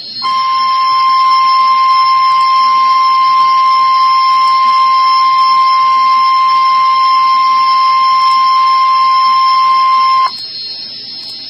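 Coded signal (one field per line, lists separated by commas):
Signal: Emergency Alert System (SAME) tones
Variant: 1050 Hz attention tone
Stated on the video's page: Real Severe Thunderstorm Warning.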